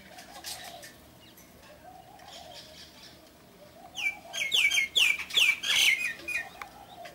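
Myna calls: after a soft, low-level start, a loud series of harsh squawks and falling whistled notes repeated rapidly over the last three seconds.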